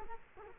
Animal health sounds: mosquito wingbeat signal from an infrared sensor; Culex quinquefasciatus

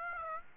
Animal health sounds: mosquito wingbeat signal from an infrared sensor; Aedes aegypti

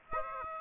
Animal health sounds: mosquito wingbeat signal from an infrared sensor; Aedes aegypti

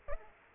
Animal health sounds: mosquito wingbeat signal from an infrared sensor; Aedes aegypti

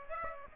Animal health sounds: mosquito wingbeat signal from an infrared sensor; Aedes aegypti

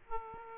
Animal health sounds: mosquito wingbeat signal from an infrared sensor; Aedes aegypti

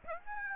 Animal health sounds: mosquito wingbeat signal from an infrared sensor; Aedes aegypti

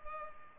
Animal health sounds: mosquito wingbeat signal from an infrared sensor; Culex pipiens

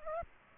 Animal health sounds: mosquito wingbeat signal from an infrared sensor; Culex pipiens

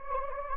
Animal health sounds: mosquito wingbeat signal from an infrared sensor; Anopheles gambiae

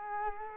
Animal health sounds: mosquito wingbeat signal from an infrared sensor; Culex quinquefasciatus

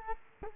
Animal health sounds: mosquito wingbeat signal from an infrared sensor; Culex quinquefasciatus

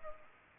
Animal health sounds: mosquito wingbeat signal from an infrared sensor; Culex pipiens

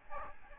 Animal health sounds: mosquito wingbeat signal from an infrared sensor; Aedes albopictus

